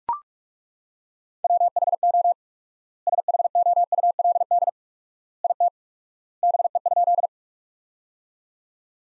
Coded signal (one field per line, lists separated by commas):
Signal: Morse code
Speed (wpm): 42 wpm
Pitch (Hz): 700 Hz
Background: none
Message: WHO SHOULD IT BE?